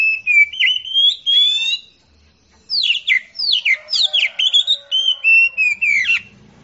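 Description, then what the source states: Oriental magpie-robin song: a long run of sweet whistles, then a fast series of downslurred, scratchy notes and more whistled phrases. Champion singing bird; Indonesian name kacer.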